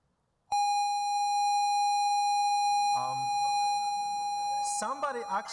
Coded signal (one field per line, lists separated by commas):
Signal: ZX Spectrum tape loading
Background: speech